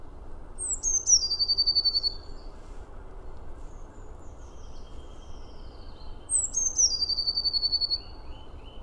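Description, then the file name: Eurasian blue tit call: two high phrases, each a couple of thin descending notes running into a fast trill, several seconds apart, over steady low background noise. "Cyanistes caeruleus"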